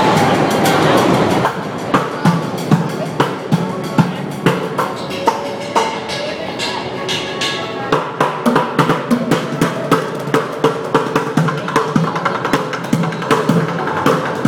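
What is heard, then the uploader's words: A drummer plays in a subway station, sharp hits landing at a quick, steady pace. A dense wash of noise fills the opening second or so before the beat takes over, with a hollow, echoing station hum underneath throughout. Drummer at 14th St station by Bougie.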